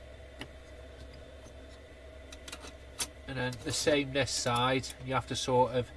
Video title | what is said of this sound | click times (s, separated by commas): Assembling the skotti booster | and you can hear it clicking on one side | 0.4 s, 2.3 s, 2.5 s, 3.0 s